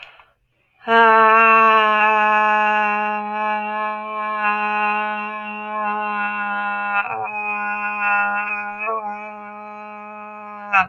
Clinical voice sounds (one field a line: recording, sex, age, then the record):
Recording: vowel held as long as possible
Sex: female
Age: 20 to 29 years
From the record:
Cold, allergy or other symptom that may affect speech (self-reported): no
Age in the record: 27 years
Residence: Texas, United States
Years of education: 14